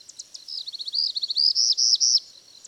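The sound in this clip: Bird song, a fast sequence of high, clipped notes building into longer arching slurs, then a final tick after a short pause.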